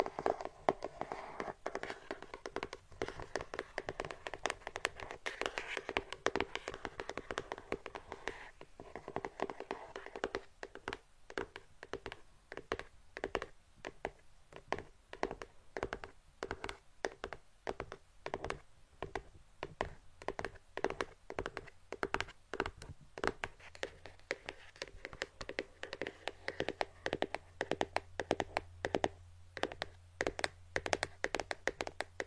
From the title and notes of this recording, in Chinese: 敲击大脑/指尖刺痛（声控助眠）。